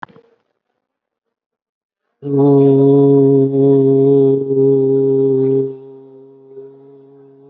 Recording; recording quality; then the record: sustained vowel as in boot; excellent, no background noise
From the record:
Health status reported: COVID-19 positive, mild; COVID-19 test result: positive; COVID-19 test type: RT-PCR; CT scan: taken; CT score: 5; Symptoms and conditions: cough, breathing difficulty, fever, another respiratory illness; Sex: male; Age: 56 years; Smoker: no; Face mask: not worn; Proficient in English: no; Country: India